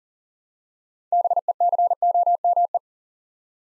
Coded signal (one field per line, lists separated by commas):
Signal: Morse code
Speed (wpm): 40 wpm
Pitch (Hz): 700 Hz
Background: none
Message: BECOME